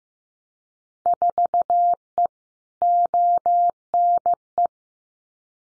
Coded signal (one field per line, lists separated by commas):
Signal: Morse code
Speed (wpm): 15 wpm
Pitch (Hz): 700 Hz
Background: none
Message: 4E ONE